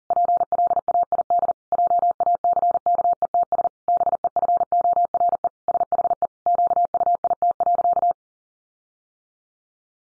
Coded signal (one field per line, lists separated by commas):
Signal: Morse code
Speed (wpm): 40 wpm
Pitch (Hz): 700 Hz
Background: none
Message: PLAID JACKETS BEFORE SHE QUIT.